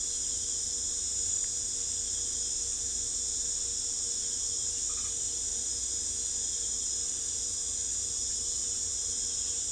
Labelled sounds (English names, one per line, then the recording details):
none
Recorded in pastures near Puerto Asís, Putumayo, Colombia, on 21 December 2024 at 18:30
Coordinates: 0.487, -76.322
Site GP09